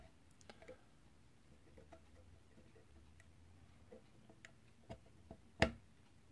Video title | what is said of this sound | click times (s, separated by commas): Wood carved Pt 2...Advent calender...Enjoy😎 | I hear that click that means that hit the the washer in the back | 5.6 s